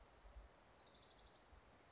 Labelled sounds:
Orange-crowned Warbler (Leiothlypis celata)

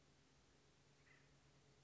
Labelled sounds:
Acorn Woodpecker (Melanerpes formicivorus)

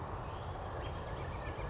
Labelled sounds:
Northern Flicker (Colaptes auratus)

